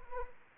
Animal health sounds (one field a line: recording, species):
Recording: mosquito wingbeat signal from an infrared sensor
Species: Anopheles arabiensis